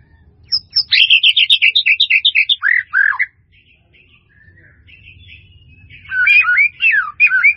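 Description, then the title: White-rumped Shama delivering a fast burst of repeated high chips, then slurred whistles, a quiet spell with soft notes, and loud swooping phrases at the end. "murai batu"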